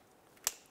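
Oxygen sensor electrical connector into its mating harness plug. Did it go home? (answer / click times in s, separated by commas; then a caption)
yes / 0.5 s. On a 2011-2018 Volkswagen Jetta, during replacement of the exhaust pipe with catalytic converter, the plastic electrical connector for the oxygen sensor is fed up under the heat shield and pushed into its mating harness plug. A single sharp, bright click is heard at 0.5 s against quiet background. The connector latches and is seated.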